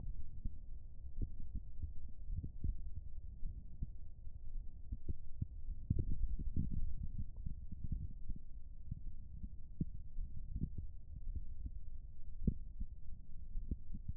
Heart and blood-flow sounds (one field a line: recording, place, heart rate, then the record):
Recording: heart sounds by stethoscope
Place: pulmonary valve (PV)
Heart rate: 53 bpm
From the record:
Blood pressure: 113/57 mmHg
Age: 45 years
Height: 150 cm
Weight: 45 kg